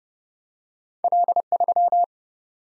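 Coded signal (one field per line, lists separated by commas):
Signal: Morse code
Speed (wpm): 30 wpm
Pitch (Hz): 700 Hz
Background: none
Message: L3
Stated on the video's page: Morse drill at 30 wpm of random two-character letter and number groups, each sent, spoken, then sent again, for head-copy.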